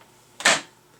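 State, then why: Seated. A Breville Juice Fountain Compact's locking arm is lifted over the juicer lid and pressed down onto the lid and base, and its plastic parts click together. Two sharp clicks sound at 0.4 s and 0.5 s, the second louder and longer. The locking arm seats into place.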